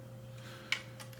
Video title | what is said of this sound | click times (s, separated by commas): Installing a STOOPID CHEAP Civic Type R Steering Wheel.. | this simply clicks back into place by these little tabs inside of here | 0.7 s